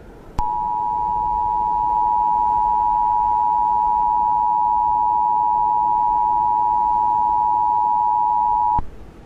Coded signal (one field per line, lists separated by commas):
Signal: Emergency Alert System (SAME) tones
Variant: 853 and 960 Hz attention tone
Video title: UNPRECEDENTED: (Volcanic EAS scenario)